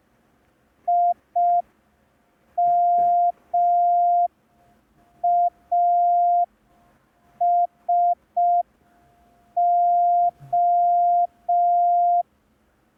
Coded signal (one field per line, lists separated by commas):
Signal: Morse code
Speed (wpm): 5 wpm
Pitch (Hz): 700 Hz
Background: none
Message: IMASO